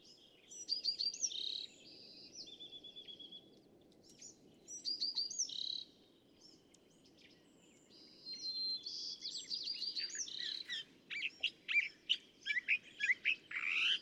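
California thrasher song, varied phrases of whistles, chatters and harsh notes in bursts with short pauses, over steady background noise.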